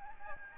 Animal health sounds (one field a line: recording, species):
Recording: mosquito wingbeat signal from an infrared sensor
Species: Aedes albopictus